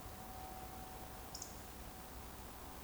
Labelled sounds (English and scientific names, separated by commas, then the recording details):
Eurasian Woodcock (Scolopax rusticola) whistle
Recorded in Baden-Württemberg, Germany, on 12 June 2020 at 20:37 UTC
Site 14569, 102 m above sea level